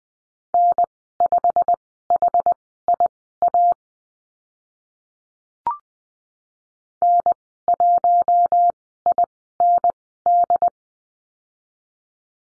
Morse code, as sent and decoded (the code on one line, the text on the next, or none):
-. ..... .... .. .- / -. .---- .. -. -..
N5HIA N1IND